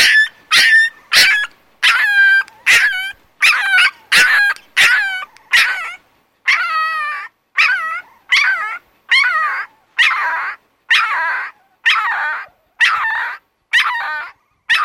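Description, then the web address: Dog yelping in quick, sharp high yips, then longer quavering whines repeated steadily through to the end. "Canine -Canine"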